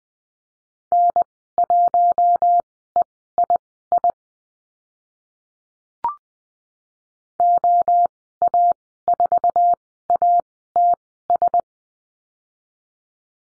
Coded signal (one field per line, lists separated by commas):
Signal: Morse code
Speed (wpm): 20 wpm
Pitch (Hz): 700 Hz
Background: none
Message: N1EII OA4ATS